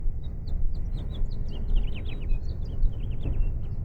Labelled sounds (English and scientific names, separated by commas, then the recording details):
House Finch (Haemorhous mexicanus) song
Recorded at Oceanside on Long Island, New York, on 17 June 1975
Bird H